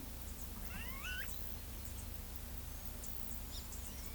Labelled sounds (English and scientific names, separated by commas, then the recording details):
Greater Ani (Crotophaga major)
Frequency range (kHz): Greater Ani (Crotophaga major) 0.5-3.5 kHz
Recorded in pastures near Pivijay, Magdalena, Colombia, on 3 June 2023 at 12:00
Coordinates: 10.456, -74.369
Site P6-G026